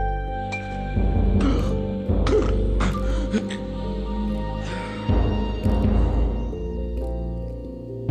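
Adult sleeper with obstructive sleep apnea snoring: bursts of loud, harsh, low-pitched snoring with snorting and gasping, separated by quieter stretches.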